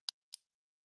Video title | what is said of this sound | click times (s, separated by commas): Saturday Savers Silver Gemstone Vintage Jewelry! | Nice. Good click. | 0.1 s